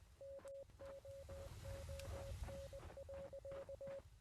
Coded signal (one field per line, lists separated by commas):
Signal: Morse code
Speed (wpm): 18 wpm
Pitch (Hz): 550 Hz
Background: music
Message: MOON.